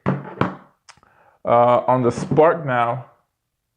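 A plastic flight battery, its grooves lined up, is pushed into the body of a DJI Spark small camera drone and clicks into place at 0.4 s, with a softer knock just before. Someone then talks. The battery is seated.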